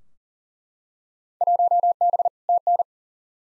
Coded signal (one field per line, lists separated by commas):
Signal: Morse code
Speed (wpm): 40 wpm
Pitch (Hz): 700 Hz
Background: none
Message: 1B TN